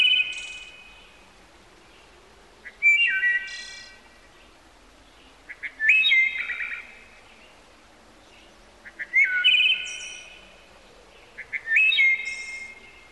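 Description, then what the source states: Bird song: short phrases of bright whistled notes with buzzy high parts, repeated every few seconds against quiet background hiss. Heard in the morning.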